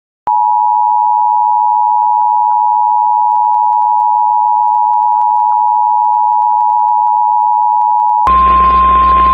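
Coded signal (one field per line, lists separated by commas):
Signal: Emergency Alert System (SAME) tones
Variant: 853 and 960 Hz attention tone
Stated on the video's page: Valid EAS tones for severe thunderstorm warnings, taken from a satellite LF emulator and weather streams.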